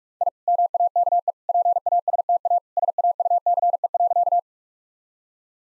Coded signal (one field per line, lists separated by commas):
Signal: Morse code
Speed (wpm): 46 wpm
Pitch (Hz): 700 Hz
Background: none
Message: I MAKE PASTA SAUCE.